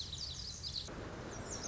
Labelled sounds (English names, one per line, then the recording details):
Lazuli Bunting
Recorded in Sonoma County, California